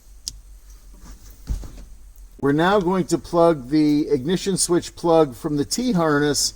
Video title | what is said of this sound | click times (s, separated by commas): 3X LOCK PLUG & PLAY REMOTE START 2019-2023 TOYOTA RAV4 KEY START | We're going to make sure the plug clicks and locks. | 0.3 s